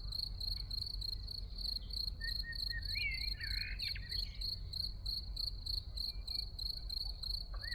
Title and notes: Ettenkirch near lake Constance - Early summer scene in a small village. Frühsommerszene in einem kleinen Dorf in der Nähe des Bodensees: Feldgrille, Amseln, Kirchenglocken, Stimmen und einige Autos im Hintergrund